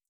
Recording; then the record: hydrophone in a shrimp aquaculture tank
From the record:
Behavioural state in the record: feeding